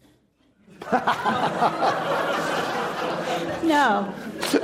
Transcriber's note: laughter